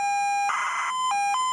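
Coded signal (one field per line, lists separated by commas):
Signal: ZX Spectrum tape loading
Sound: buzzy steady pilot tone, a harsh rasping data burst, then alternating buzzy tones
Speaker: the left channel because i know that i've had not many problems with them um of going from the left and then go to play so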